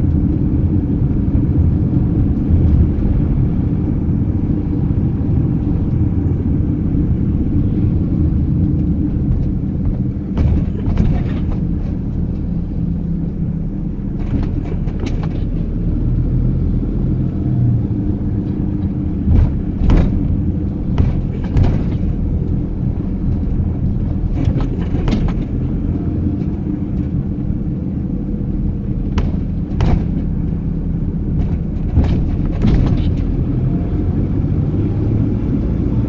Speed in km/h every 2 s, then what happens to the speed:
32, 32, 32, 29, 26, 24, 24, 28, 29, 27, 26, 27, 28, 26, 24, 25, 30, 39.
4-10 slows to 24. 10-29 steady at about 26. 29-36 speeds up to 39.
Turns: none.